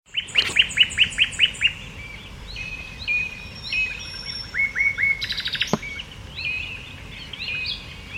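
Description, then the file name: Common nightingale song: a rapid run of several loud repeated notes, then varied whistled and chirping phrases, a brief buzzy burst, and further soft notes. "Luscinia megarhynchos"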